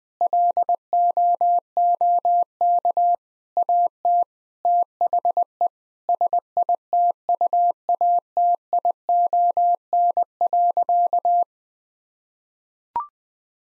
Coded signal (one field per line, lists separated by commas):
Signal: Morse code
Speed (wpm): 20 wpm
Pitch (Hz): 700 Hz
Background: none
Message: LOOK AT THE SITUATION.